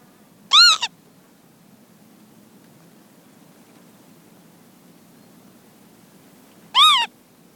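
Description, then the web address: Northern lapwing anxiety calls, two short wheezy slurred notes several seconds apart over a low steady hum. Female on the ground giving anxiety calls, with a distant aeroplane. "Sound Effects-BBC Lapwings"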